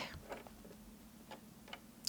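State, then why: Not seated. The buttonhole sensor lever on a Bernette 05 Crafter sewing machine is pulled down and pushed to the back, producing only faint scattered ticks and taps over a low hum, with a sharper brief tick at the very end. The lever does not click; it simply sits further back.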